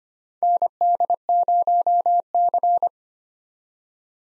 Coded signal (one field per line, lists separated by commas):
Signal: Morse code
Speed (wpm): 25 wpm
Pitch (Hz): 700 Hz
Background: none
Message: ND0C